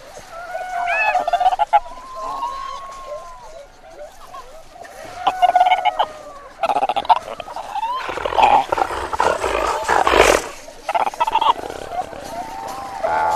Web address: antarctic fur seal